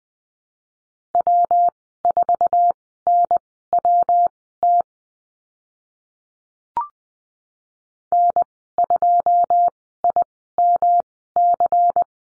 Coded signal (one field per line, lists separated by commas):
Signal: Morse code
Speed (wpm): 20 wpm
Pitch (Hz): 700 Hz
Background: none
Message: W4NWT N2IMC